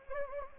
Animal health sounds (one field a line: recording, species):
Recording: mosquito wingbeat signal from an infrared sensor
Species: Anopheles gambiae